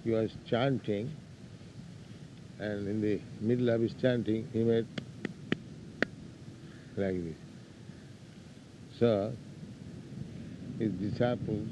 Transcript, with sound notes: he was chanting, and in the middle of his chanting he made [makes sound with hands like clapping] like this. So his disciples...